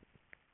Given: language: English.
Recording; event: throat vibration sensor signal played as sound; swallow